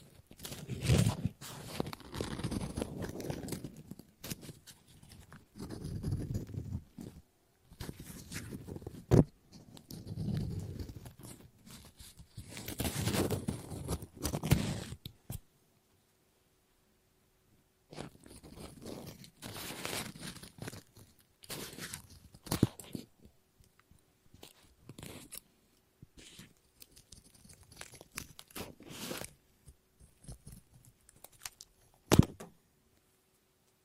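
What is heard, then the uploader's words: Scissors snip and cut paper in irregular bursts of crisp crunching, with a pause around fifteen seconds and a sharp snap near thirty-two. ASMR Scissors No Talking Snips and Cutting Paper.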